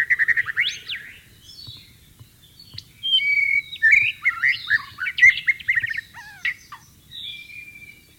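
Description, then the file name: White-rumped shama song, a burst of quick notes, then varied whistles, trills and falling slurs in bursts with brief gaps. Wild bird, in the wild. "suara burung murai batu di alam liar"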